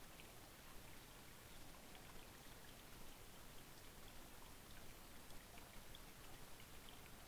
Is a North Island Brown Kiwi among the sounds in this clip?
no